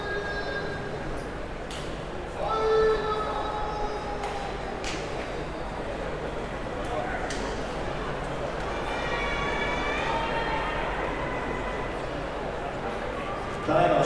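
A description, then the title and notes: Sounds of Tokyo: a steady murmur of talking voices fills the whole stretch, with a man's speech standing out. Tonal whines rise and fall around two to three seconds and again near ten, and brief sharp clicks punctuate the constant bustle. Sounds of Tokyo | Tokyo, Japan.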